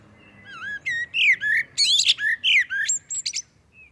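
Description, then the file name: Common blackbird song: varied whistled notes sliding up and down, followed by a burst of rapid squeaky twittering, about three seconds of continuous phrasing. "Turdus merula"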